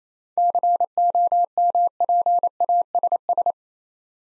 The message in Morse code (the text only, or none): COMPASS